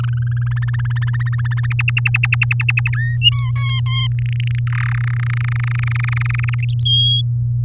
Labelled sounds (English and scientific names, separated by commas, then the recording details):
Domestic Canary (Serinus canaria) song
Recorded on 7 May 2018 at 13:43
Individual llb16